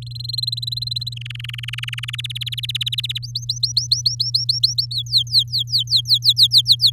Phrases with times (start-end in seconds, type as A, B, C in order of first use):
0.02-1.14 A, 1.16-2.15 B, 2.18-3.18 C, 3.23-4.86 D, 4.91-6.91 E